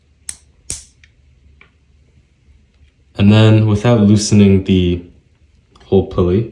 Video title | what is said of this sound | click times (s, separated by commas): How to Build a Robotic Hand | And you'll kind of hear it click like there. | 0.3 s